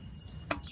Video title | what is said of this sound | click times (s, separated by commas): Curbside Score! Remington 2-Stroke Trimmer Revival & Review | Move that over. Oh, there you go. There's click something. | 0.5 s